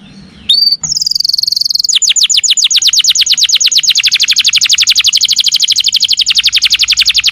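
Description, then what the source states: Lovebird calling: a couple of high chirps, then a long, fast trill of shrill chirps. Lure call used to attract lovebirds.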